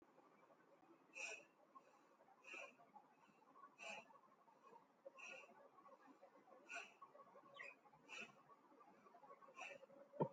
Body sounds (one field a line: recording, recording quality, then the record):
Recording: shallow breathing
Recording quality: excellent, no background noise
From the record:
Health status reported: healthy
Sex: male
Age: 46 years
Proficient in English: yes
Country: India